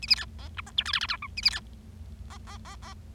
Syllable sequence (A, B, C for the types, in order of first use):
A B C D E F G H I I J K A B C D D D D